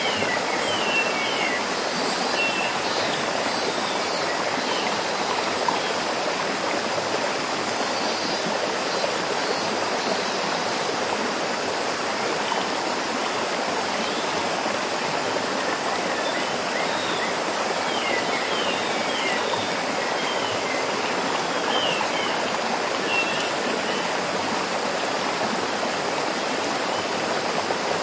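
A waterfall roars in a steady, dense rush for the whole clip, while a thin constant cicada whine and faint chirps ride above it.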